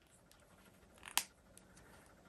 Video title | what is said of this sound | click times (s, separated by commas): 'Welcome to the Twilight Zone' Mesmerizing and ELECTRIC nautilus pour! Fluid art tutorial | move it around a little bit until it snaps out | 1.2 s